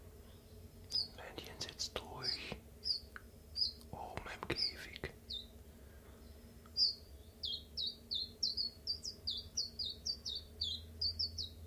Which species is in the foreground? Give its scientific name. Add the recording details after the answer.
Phylloscopus collybita. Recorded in captivity. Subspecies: collybita. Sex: male. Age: adult. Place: Zoologisches Institut Universität Tübingen, Baden-Württemberg, DE. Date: 1963-03-11. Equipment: LGS26. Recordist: Schneider, Hans-Joachim. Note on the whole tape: Rivalengesänge. Ein Paar (Männchen: blau gelb/gelb, Weibchen: blau gelb/grün). Auf dieser Audiodatei auch Aufnahmen vom 12. März. Aufnahmen jeweils bis 7 Uhr